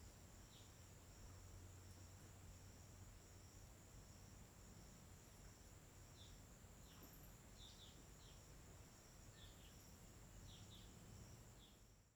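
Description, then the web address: Crickets keep up an unbroken high trill while several short bird chirps come and go above a low, rumbling background. Daytime ambience on a forest riverbank in Tocantins, with birds and steady, uniform crickets. "Ambiente na beira do rio na mata com passaros e grilos homogeneos dia. local tocantins"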